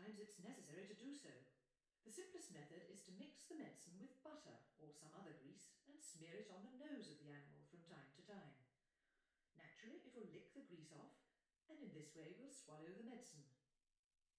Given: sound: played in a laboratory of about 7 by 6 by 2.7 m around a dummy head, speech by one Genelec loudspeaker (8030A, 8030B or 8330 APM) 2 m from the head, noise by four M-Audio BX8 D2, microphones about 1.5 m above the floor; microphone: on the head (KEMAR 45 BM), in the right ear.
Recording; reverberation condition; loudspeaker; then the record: female speech in English; medium; 60 degrees to the left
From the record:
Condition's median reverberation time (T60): about 510 ms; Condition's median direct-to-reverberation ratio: about -0.5 dB